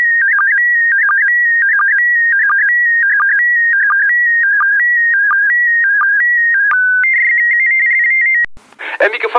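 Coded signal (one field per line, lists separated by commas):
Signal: SSTV (slow-scan television)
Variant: PD90 mode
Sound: warbling, chirping tone with regular short low blips, a steady whistle, then voice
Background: speech at end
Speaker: Aan het eind van de uitzending hebben we wel SSTV. SSTV met PD90. SSTV met PD90.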